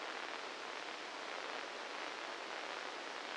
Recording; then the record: brain microelectrode recording played as sound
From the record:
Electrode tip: inside the subthalamic nucleus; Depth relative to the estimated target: 1 mm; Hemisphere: left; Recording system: NeuroSet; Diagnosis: Parkinson's disease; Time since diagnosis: 9 years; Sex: male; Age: 61 years